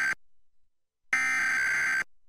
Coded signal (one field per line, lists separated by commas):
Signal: Emergency Alert System (SAME) tones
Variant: header bursts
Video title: National EAS Test Roundup 10/4/2023 - Fargo/Moorhead + Minneapolis/St. Paul